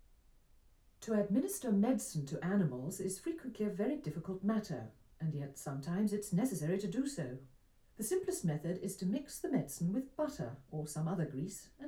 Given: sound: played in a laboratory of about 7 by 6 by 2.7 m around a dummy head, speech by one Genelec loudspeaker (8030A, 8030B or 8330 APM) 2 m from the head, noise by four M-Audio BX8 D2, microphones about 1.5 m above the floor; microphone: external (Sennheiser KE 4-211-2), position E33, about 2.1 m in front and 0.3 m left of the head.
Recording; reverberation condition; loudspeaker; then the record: female speech in English; low; behind (180 degrees)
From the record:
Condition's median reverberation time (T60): about 310 ms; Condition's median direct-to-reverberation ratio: about 3.5 dB